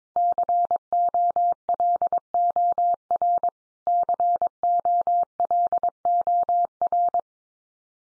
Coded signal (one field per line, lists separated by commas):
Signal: Morse code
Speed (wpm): 22 wpm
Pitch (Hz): 700 Hz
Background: none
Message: COLOR COLOR